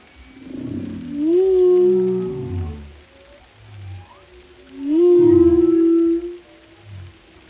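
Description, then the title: Whale song with two long swooping moans separated by low groans and a few faint higher whistled notes. Compilation of varied whale vocalizations, including haunting moans and resonant calls, presented for relaxation. "Soothing Symphony of the Deep: Captivating Whale Sounds for Relaxation"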